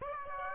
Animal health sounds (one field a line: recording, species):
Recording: mosquito wingbeat signal from an infrared sensor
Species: Aedes aegypti